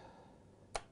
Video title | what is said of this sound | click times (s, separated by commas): Schritt für Schritt zum Spar-PC (Teil 1) | dass er an dieser Schraube einrastet | 0.8 s